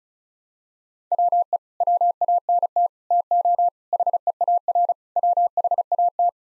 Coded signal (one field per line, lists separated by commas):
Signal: Morse code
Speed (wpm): 34 wpm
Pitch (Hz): 700 Hz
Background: none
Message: WE WANT TO HEAR WHAT